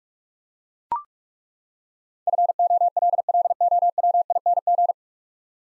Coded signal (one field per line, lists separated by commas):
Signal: Morse code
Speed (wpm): 42 wpm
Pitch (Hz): 700 Hz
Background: none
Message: FOLLOWING